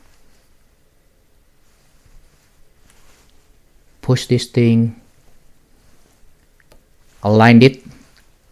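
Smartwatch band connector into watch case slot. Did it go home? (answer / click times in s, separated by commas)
no / none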